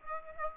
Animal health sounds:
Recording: mosquito wingbeat signal from an infrared sensor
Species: Aedes aegypti

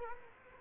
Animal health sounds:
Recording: mosquito wingbeat signal from an infrared sensor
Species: Culex quinquefasciatus

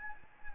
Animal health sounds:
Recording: mosquito wingbeat signal from an infrared sensor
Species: Anopheles gambiae

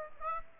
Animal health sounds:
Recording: mosquito wingbeat signal from an infrared sensor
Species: Aedes aegypti

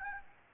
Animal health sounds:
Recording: mosquito wingbeat signal from an infrared sensor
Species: Aedes aegypti

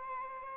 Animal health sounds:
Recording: mosquito wingbeat signal from an infrared sensor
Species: Aedes albopictus

